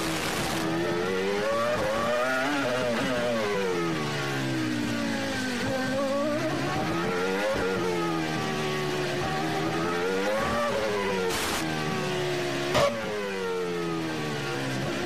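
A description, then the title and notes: A Formula One race car's engine howls steadily, its pitch rising and falling in repeated surges every few seconds, with brief sharp clicks near the end. Formula One Race Car.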